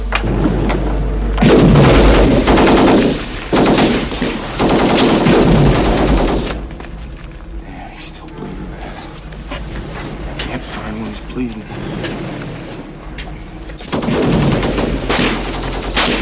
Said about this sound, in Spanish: Y aquí, mientras pasan los disparos, llegamos a la posición número 28 con una película de 1984, Purple Hearts